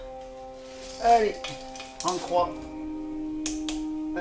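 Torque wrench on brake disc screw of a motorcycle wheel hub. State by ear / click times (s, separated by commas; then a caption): torque reached / 3.5 s, 3.7 s. Brake disc screws on a dirt bike's wheel hub are tightened in a cross pattern with a torque wrench set to 14 N·m. Someone talks over a steady background tone, then two sharp, short clicks at 3.5 s and 3.7 s mark the wrench breaking at its setting.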